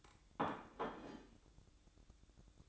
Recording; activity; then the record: daily activity, microphone in the room; place plate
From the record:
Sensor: 3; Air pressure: 1007.5 hPa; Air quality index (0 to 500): 55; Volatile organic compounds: 1 ppm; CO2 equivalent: 596 ppm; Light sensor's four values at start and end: 9/20/8/8 and 9/21/8/8